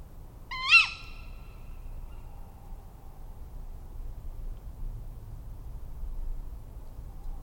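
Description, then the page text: Tawny owl calling once early on with a short, harsh kewick, followed by several seconds of quiet low-pitched background rumble. "Resources for the Tawny Owl Point Survey. BTO - British Trust for Ornithology"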